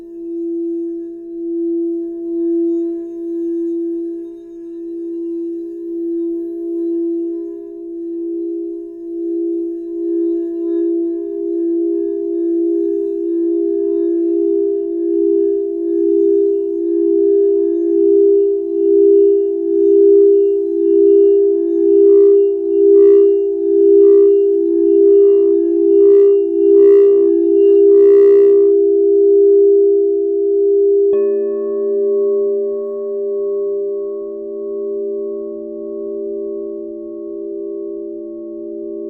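A crystal singing bowl rings with a pure, steady low tone that pulses in slow waves throughout. Around twenty seconds a brighter shimmering layer of wavering overtones builds, peaking near twenty-eight seconds, then at about thirty-one seconds the sound shifts to a different, steadier pitch.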